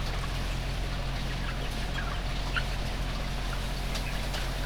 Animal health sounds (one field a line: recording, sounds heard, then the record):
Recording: poultry house recording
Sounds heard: healthy chickens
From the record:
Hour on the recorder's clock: 6